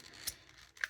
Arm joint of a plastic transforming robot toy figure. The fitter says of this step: there we go there we go and they click into place there